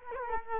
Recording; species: mosquito wingbeat signal from an infrared sensor; Culex quinquefasciatus